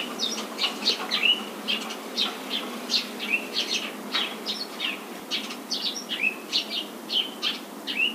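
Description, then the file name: Eurasian tree sparrow chirping, a continuous string of brisk high chirps and occasional slurred notes over background hiss. "suzume"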